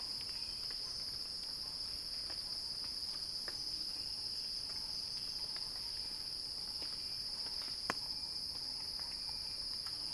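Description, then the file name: Cicadas keep up a constant shrill whine at one pitch; brief sharp clicks break in, one louder snap near the end. Cicada song building in a crescendo. "earth-fm Axel-Drioli Cicada-Crescendo-Sounding-Wild"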